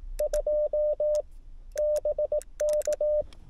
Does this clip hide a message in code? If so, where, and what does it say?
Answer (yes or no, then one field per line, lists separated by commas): yes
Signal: Morse code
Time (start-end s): 0.2-3.2 s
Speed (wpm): 20 wpm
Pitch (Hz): 600 Hz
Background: radio noise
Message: 2 BK